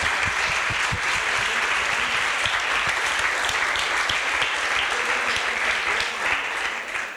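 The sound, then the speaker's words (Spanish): A crowd claps steadily for several seconds, a dense, even patter of many hands at a consistently loud level, tapering slightly at the end. “Aplaudimos a la radio.”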